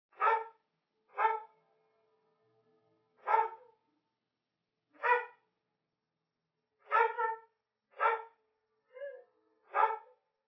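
Dog barking: several sharp barks with short pauses between them, against a quiet background.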